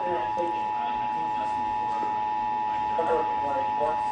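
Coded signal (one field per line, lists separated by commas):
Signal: Emergency Alert System (SAME) tones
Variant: 853 and 960 Hz attention tone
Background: speech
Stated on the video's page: Child abduction alert received on 710 AM, NOAA Weather Radio 162.550 and 162.425 MHz, 88.5 FM and 92.9 FM.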